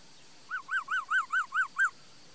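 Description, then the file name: Laughingthrush song: a run of seven clear, arched whistled notes at an even pace, each slightly bent, over quiet background hiss. "Tieng khuou hot"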